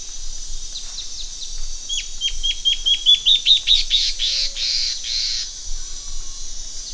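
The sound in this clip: Bird singing a fast series of high downslurred notes that speeds up, then ends in harsh buzzy bursts.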